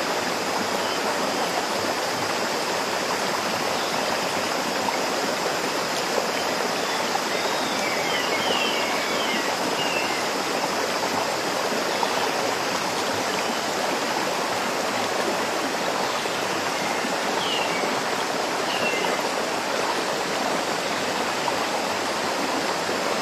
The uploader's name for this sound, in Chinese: 子夜骤雨